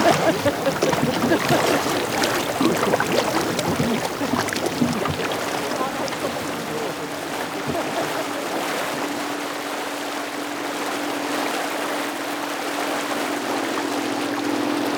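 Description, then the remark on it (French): A boat moves steadily through the water of Lake Geneva, with continuous splashing and sloshing along the hull and a low, steady engine hum underneath. Faint voices come through at times. “Vous êtes à bord du Scarven ou du Scarmite. Le nom de ce bateau apparemment est encore ouvert au vote et à la réflexion.”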